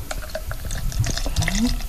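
Cold wheat beer, just opened, pouring into a glass, a steady fizzy splashing and gurgling with a low tone that rises as the glass fills, at a moderate level.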